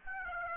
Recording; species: mosquito wingbeat signal from an infrared sensor; Aedes aegypti